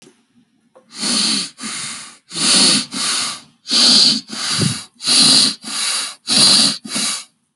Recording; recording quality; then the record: shallow breathing; excellent, no background noise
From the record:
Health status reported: healthy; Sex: male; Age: 25 years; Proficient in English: yes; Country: India